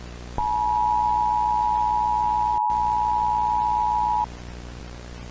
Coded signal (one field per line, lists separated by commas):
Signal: Emergency Alert System (SAME) tones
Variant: 853 and 960 Hz attention tone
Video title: s h r i n k i n g s u n - EAS Scenario